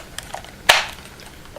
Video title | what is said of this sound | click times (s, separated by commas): Black & Decker 20V Max Drill Review | you push them together - you hear click | 0.7 s